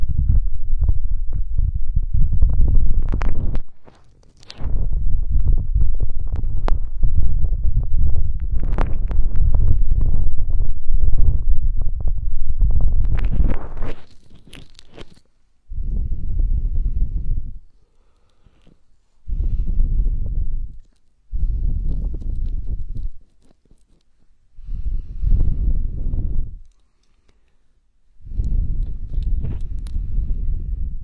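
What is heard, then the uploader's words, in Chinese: Vigorous, rough rubbing over the ears, heavy and muffled with scratchy crackles flaring up now and then. For the first fifteen seconds the rubbing runs almost unbroken; after that it comes in short two-second bursts separated by brief silences, about every three seconds. 暴力搓耳。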